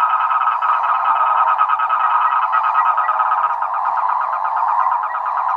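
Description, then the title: Frogs and toads calling together, layered rattling trills over a steady buzzing drone that fills the whole stretch. Chorus of frogs and toads after spring rain, near San Javier, Córdoba region, Argentina. "Orgie de batraciens, Cordoba (AR)"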